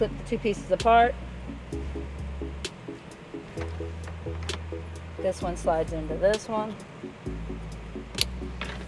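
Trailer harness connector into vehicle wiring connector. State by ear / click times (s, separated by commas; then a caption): seated / 8.2 s. A plastic trailer harness wiring connector is slid into its mating vehicle wiring connector on a 2017 Toyota RAV4 during a trailer wiring installation, while someone talks over background music. The connector clicks into place and seats at 8.2 seconds.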